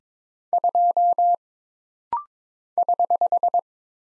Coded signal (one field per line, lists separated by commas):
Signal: Morse code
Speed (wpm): 22 wpm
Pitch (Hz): 700 Hz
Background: none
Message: 2 <HH>